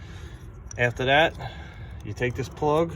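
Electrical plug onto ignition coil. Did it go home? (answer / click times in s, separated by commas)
no / none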